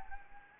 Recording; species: mosquito wingbeat signal from an infrared sensor; Anopheles gambiae